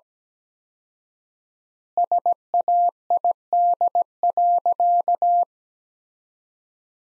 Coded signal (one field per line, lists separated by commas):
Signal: Morse code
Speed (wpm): 17 wpm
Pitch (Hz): 700 Hz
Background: none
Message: SAID.